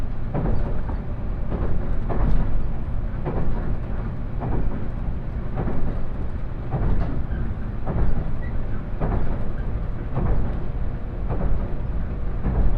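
A ride aboard the limited express Huis Ten Bosch train toward Takeo Onsen, filled with a steady low rumble of the moving train. Faint clunks and brief knocks recur every second or so, likely wheels over rail joints, with a constant dull hiss above.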